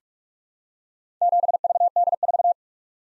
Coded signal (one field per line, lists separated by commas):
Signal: Morse code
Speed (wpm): 46 wpm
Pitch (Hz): 700 Hz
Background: none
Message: 7VD4